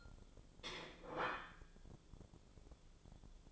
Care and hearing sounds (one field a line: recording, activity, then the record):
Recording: daily activity, microphone in the room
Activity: place plate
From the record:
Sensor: 5